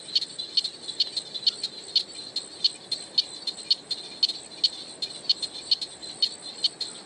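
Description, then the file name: Wallum froglet, a bright high tink repeated at a steady pace of about two per second, soft hiss underneath. "crinia tinnula"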